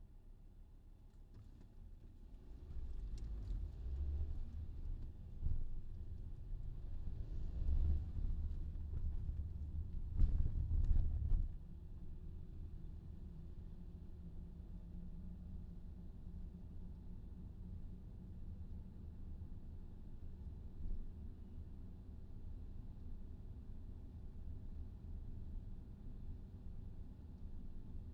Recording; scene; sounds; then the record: everyday scene through a hearing-aid microphone; in a vehicle; engine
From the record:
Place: VW T5 Caravelle, diesel engine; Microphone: in the ear canal, left